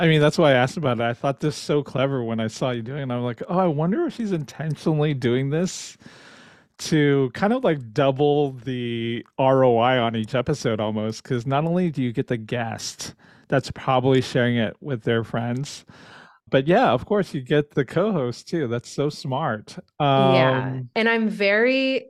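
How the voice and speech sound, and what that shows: An adult talks in a relaxed, conversational way, with clear voicing, natural pitch movement and ordinary pauses between phrases. The speech is fluent, with no blocks, repeats or slurring. A short spoken reply near the end comes from a second voice in the conversation.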